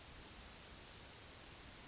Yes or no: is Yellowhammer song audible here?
no